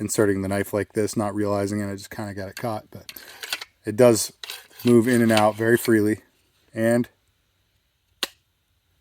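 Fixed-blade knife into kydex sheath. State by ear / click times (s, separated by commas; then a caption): seated / 8.2 s. A SOG Tsunami fixed-blade knife is slid into its kydex sheath while someone talks. The knife locks in with a single loud, sharp click at 8.2 seconds, and it is seated.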